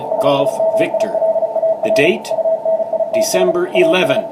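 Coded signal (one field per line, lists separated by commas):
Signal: Morse code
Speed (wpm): 34 wpm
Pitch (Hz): 650 Hz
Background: speech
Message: SIMILAR UNITS AS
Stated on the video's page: Off-air HF reception in the afternoon on 20 through 10 meters, bands open, including a contact with Chile.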